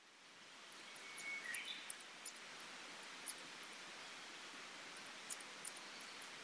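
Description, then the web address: Rat or mouse giving very high, sharp squeaks in uneven bursts; the squeaks thin out into a quieter stretch midway, then resume in a quick run near the end. Recorded in Tottori on 2008-04-09. "koe nezumi 080409 tottori kuroda"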